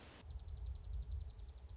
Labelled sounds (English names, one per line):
Dark-eyed Junco